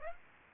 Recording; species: mosquito wingbeat signal from an infrared sensor; Aedes aegypti